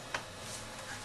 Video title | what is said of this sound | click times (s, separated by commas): HI 84102 Video.mp4 | the clockwise direction to lock into place place the probe in the holder | 0.1 s